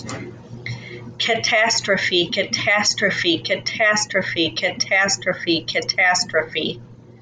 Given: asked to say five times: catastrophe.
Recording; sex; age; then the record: repeated word; female; 40 to 49 years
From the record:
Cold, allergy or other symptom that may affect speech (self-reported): no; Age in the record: 48 years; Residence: Missouri, United States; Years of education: 12